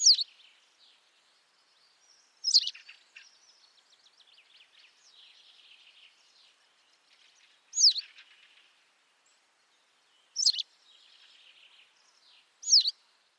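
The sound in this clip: White wagtail giving sharp, high, slurred call notes at irregular intervals of two to five seconds, with faint softer twittering between them in a quiet background.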